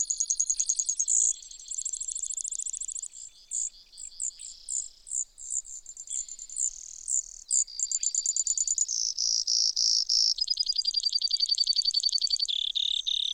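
Brewer's sparrow singing on and on, shifting between fast dry trills and slower rattling series at different high pitches, with short chip-like notes between them.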